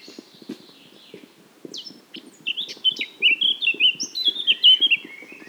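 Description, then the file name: Eurasian blackcap song: a soft warble turns into loud, clear, descending fluty whistles, with low dull thumps underneath. "Sylvia atricapilla"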